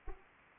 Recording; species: mosquito wingbeat signal from an infrared sensor; Anopheles arabiensis